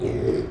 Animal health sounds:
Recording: contact call of a hoofed animal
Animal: pig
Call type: closed-mouth grunt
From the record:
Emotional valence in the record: negative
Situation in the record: short social isolation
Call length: 0.52 s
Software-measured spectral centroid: 1300 Hz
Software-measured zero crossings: 760 a second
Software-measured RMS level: -24 dBFS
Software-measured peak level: -11 dBFS

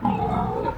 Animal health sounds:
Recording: contact call of a hoofed animal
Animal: wild boar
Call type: grunt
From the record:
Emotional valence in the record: negative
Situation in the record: naturally occurring agonistic interactions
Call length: 0.78 s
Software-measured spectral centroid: 1140 Hz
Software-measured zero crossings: 1250 a second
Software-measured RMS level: -24 dBFS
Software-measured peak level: -10 dBFS

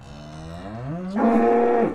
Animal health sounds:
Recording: contact call of a hoofed animal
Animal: cattle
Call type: low-frequency (closed-mouth) or high-frequency (open-mouth) call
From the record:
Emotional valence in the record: negative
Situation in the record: full separation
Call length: 1.95 s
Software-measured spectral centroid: 990 Hz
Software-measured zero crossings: 1070 a second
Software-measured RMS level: -22 dBFS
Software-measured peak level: -8 dBFS

